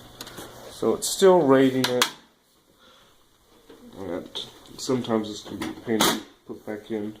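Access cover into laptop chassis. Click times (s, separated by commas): 0.2 s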